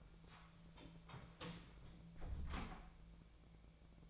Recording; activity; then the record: daily activity, microphone in the room; close door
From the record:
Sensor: 1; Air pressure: 1000.5 hPa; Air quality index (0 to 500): 184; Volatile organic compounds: 4 ppm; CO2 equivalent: 1702 ppm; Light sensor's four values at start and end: 12/28/11/13 and 11/27/11/13